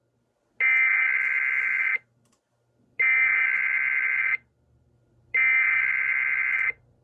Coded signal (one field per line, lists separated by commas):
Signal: Emergency Alert System (SAME) tones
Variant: header bursts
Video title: EAS 1339-1342: All other Weekly Tests from 2/10/2021